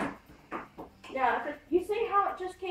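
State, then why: Not seated. A Shoprider GK10 portable mobility scooter's rear metal frame section is pushed into the front frame section with short knocks at 0.0 s and 0.8 s, while someone talks. The joint does not lock and keeps coming apart because it is not plugged in correctly, so nothing has clicked yet.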